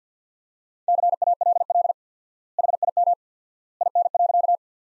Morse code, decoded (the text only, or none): CALL HIM IN.